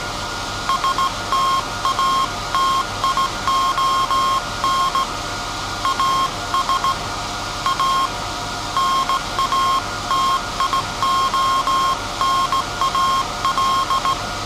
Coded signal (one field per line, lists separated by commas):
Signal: Morse code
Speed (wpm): 17 wpm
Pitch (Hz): 1070 Hz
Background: none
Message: STATION AS A NATIONAL